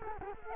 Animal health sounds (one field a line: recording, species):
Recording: mosquito wingbeat signal from an infrared sensor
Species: Culex quinquefasciatus